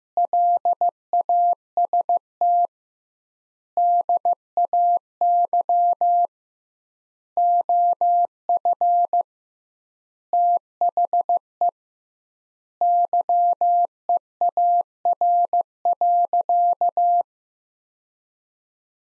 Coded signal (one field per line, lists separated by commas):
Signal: Morse code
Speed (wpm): 15 wpm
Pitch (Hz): 700 Hz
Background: none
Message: LAST DAY OF THE YEAR.